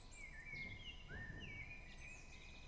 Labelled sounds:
Common Blackbird
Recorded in Germany
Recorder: ecoPi

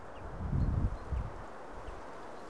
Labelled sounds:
Common Chaffinch
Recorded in Germany
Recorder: ecoPi

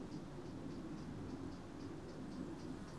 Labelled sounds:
Eurasian Blackcap
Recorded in Germany
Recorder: ecoPi

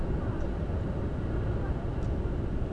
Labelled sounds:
none
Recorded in Germany
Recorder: ecoPi

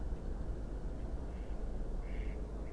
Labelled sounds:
Mallard
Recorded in Germany
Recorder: ecoPi

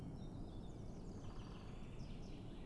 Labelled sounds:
Great Spotted Woodpecker
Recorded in Germany
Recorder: ecoPi

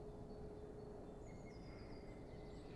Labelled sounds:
Eurasian Blue Tit
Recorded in Germany
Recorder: ecoPi

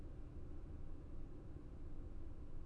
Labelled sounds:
none
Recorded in Germany
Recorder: ecoPi

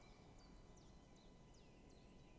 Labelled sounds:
Common Chiffchaff
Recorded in Germany
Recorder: ecoPi

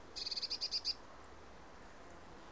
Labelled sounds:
Eurasian Blue Tit
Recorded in Germany
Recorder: ecoPi

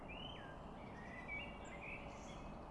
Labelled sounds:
Common Blackbird
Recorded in Germany
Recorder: ecoPi

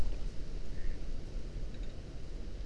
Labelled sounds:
Mallard
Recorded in Germany
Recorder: ecoPi

